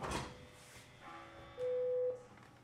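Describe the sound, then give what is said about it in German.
A door being opened: a steady, mid-pitched electronic buzz sounds loudly for about half a second, preceded by a brief initial clatter and fainter tonal hums, with no talking. “jetzt muss ich an die Tür gehen, Entschuldigung.”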